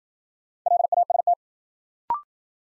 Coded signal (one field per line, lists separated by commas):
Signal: Morse code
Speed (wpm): 55 wpm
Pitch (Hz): 700 Hz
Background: none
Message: LAST